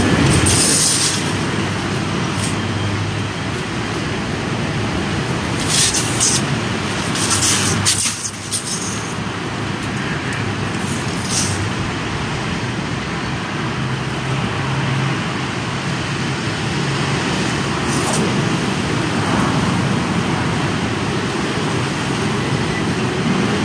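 Strong rainy-season wind roars in a dense, steady rush with a deep rumble, brief hissing gusts flaring around six to eight seconds and again later.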